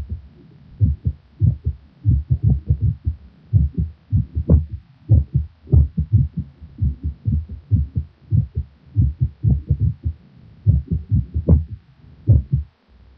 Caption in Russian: Мерцательная аритмия или трепетание предсердий чаще всего аускультативно определяется отсутствием всякой закономерности в следовании тонов сердца, а также их меняющейся звучностью. Запись, полученную на верхушке сердца у больного с тахисистолической формой мерцательной аритмии.